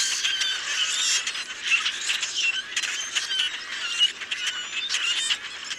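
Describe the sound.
Common grackles produce a loud, ratcheting mix of rasping squawks and high squeaks, many birds calling at once throughout.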